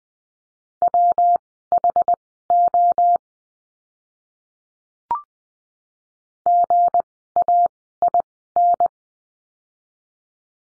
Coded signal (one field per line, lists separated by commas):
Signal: Morse code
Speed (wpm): 20 wpm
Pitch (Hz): 700 Hz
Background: none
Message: WHO GAIN